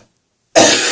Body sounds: coughing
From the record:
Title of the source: Cough Around the Clock!

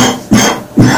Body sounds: coughing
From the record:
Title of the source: Spring Cold Coughing 3

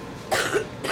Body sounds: coughing mixed with background sound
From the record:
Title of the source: 34 coughing up crap again

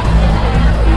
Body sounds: background sound without coughing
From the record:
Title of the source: Party Noise 1 Hour Party Ambience

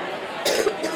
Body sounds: coughing mixed with background sound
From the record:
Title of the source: 55 gaggy wet cough

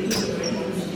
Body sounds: coughing mixed with background sound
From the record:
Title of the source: November cold (wet coughing)

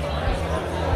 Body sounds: background sound without coughing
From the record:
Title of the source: CITY SOUNDS Busy Bar in the Evening Night - 2 HOURS of Ambiance for Relaxation

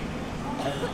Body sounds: coughing mixed with background sound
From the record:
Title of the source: 1125 Coughing SOUND Effect

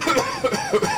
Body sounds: coughing mixed with background sound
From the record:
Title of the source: Dry Coughing Fit in the Afternoon.

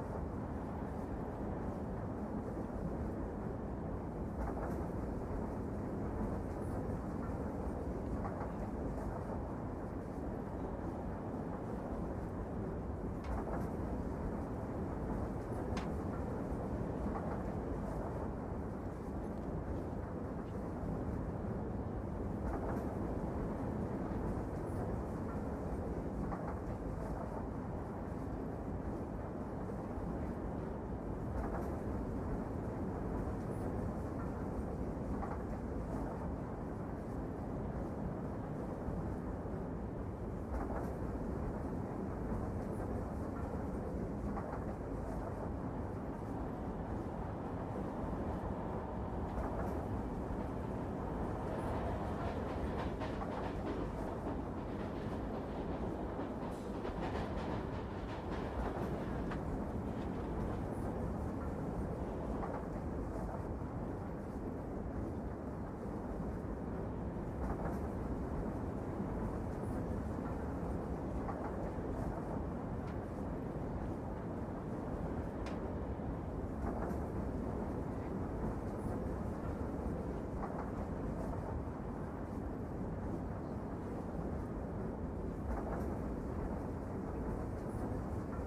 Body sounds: background sound without coughing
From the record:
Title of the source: Train Ride Ambience ambient white noise for sleeping, focus, studying, reading

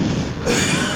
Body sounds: coughing mixed with background sound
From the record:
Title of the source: Spring Cold Coughing 2

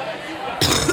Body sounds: coughing mixed with background sound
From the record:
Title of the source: Wet coughing

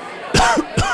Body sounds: coughing mixed with background sound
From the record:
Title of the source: Coughing 51

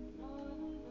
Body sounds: background sound without coughing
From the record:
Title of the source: BackgroundMusic3

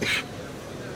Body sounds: coughing mixed with background sound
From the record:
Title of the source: 64 coughing, allergies, singing lungs

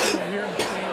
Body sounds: coughing mixed with background sound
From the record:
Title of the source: 61 morning phlegmy cough...again

